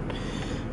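Someone presses the push button on the handle-less glove box in the dashboard of an Audi A6 2.8 FSI Quattro SE Auto, and the latch releases with a short mechanical click at 0.1 s. The lid pops open to reveal the CD changer, over a steady low mechanical background.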